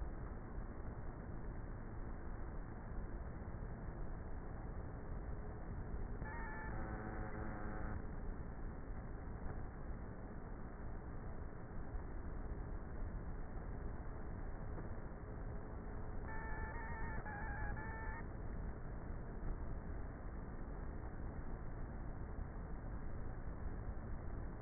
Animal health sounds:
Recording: honeybee colony, microphone inside the hive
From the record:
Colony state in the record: queenless with a low population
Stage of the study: before two queens were removed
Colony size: about 30,000 bees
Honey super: no

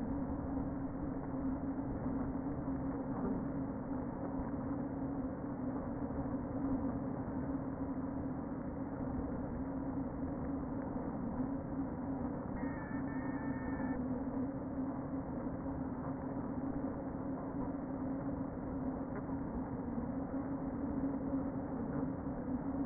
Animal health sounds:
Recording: honeybee colony, microphone inside the hive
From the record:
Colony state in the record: queen present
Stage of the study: before two queens were removed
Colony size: about 60,000 bees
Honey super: yes

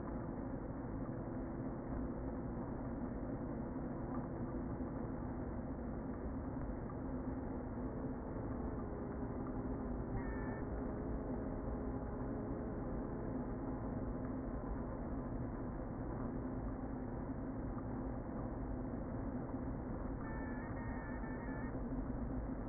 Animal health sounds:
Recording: honeybee colony, microphone inside the hive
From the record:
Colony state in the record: queen present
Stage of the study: before two queens were removed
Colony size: about 60,000 bees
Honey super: yes

